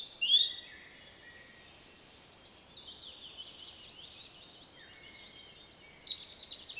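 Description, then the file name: European robin singing high, tinkling phrases of quick notes and slurred whistles, separated by short gaps, ending in a bright warbled burst. "Erithacus rubecula"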